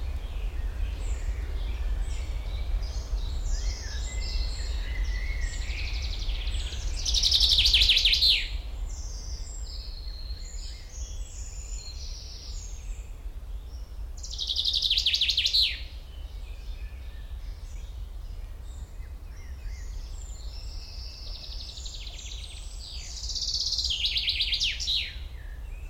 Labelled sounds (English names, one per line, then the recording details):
Common Chaffinch
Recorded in the wild
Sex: male
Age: adult
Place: Botanische Anlage Blankenfelde, Berlin, DE
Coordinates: 52.603, 13.4
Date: 1993-05-30 11:20
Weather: heiter, 18-21°C
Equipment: Marantz CP 430, Sennheiser ME 80, Kopie Uher Variocord 263
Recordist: Tembrock, Günter
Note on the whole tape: Gesang (längere Strecke, sehr gut), 1 Variante mit Rülscher, auch Abbrüche